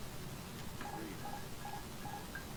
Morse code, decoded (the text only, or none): none